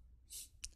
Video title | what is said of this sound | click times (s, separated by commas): eBEFOREi Reviews: Autobot WHIRL - Transformers 2014 Generations Voyager Figure Review | Push it into the slot. And it'll snap into place. | 0.6 s